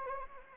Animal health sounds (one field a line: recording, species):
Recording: mosquito wingbeat signal from an infrared sensor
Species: Anopheles arabiensis